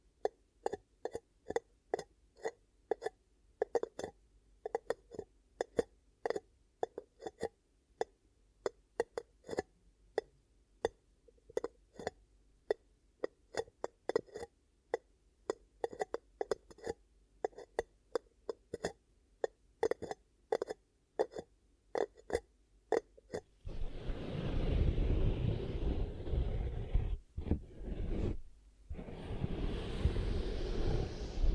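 Ear cupping sounds: for about 23 seconds, quick hollow pats and taps arrive in an irregular, fairly rapid stream with silence between them. Then it switches to a steady, dense, muffled rushing and rubbing with a low rumble, briefly cutting out twice near the end.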